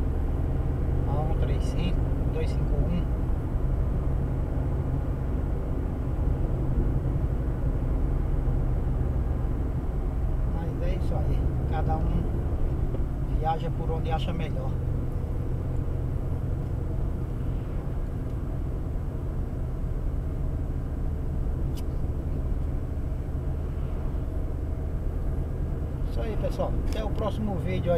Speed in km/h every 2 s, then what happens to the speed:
78, 78, 77, 74, 71, 68, 64, 62, 59, 57, 57, 58, 61, 65.
4-18 slows to 57. 18-23 steady at about 57. 23-28 speeds up to 65.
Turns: none.